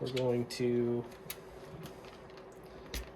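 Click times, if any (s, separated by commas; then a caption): 2.9 s. Someone talks as the short servo arm is fitted into the 24mm hole of the dig/overdrive mechanism in a Vanquish Phoenix Falken RC crawler's transmission, and a little throttle is applied. A sharp pop at 2.9 s marks the arm popping into place, but it is not actually lined up with the hole and needs more adjustment on channel 3.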